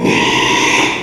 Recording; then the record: squeal of a Yucatan mini pig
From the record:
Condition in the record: after surgery on the right vocal fold (resection and tissue-engineered implant); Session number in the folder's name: 1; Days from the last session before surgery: 6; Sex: male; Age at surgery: 12 weeks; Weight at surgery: 13 kg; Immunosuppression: cyclosporine, prednisolone